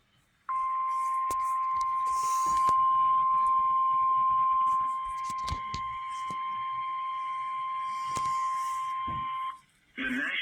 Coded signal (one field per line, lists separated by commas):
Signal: Emergency Alert System (SAME) tones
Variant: 1050 Hz attention tone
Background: speech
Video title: Moderately Crazy. | EAS Alerts From 5/19/24 | EAS #614-625